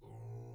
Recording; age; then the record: pig call; weaner (32 to 43 days)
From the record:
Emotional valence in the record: negative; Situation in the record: restrain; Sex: male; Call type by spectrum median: low-frequency call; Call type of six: low-frequency stable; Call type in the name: low-frequency stable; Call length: 0.55 s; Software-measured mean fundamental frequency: 57 Hz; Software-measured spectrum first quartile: 113 Hz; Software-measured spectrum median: 169 Hz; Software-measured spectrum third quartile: 478 Hz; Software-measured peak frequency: 120 Hz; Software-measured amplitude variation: 67 dB a second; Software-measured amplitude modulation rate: 24.5 a second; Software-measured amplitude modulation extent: 2.8 dB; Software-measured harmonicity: -3.3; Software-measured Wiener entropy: 0.09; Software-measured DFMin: 577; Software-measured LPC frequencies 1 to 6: 790, 2124, 3329, 4005, 5056, 5879 Hz